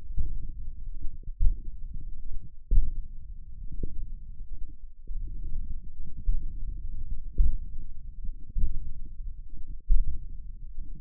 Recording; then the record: forearm muscle sounds (acoustic myography)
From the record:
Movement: index flexion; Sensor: system 1, eight BSWA MPA416 microphones around the upper forearm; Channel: 8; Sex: male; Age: 20 years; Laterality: left